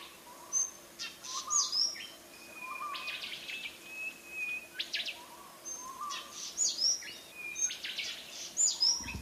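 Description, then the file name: White-bellied bushchat song: high, thin whistled notes and scratchy chip bursts delivered in separate phrases, with occasional lower whistles and a soft hiss throughout. "suara decu timor"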